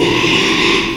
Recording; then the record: squeal of a Yucatan mini pig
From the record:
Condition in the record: after surgery on the right vocal fold (resection and tissue-engineered implant); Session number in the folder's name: 1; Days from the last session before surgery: 6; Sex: male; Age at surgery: 12 weeks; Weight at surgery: 13 kg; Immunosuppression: cyclosporine, prednisolone